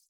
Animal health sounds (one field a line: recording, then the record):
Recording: hydrophone in a shrimp aquaculture tank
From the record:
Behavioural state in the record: feeding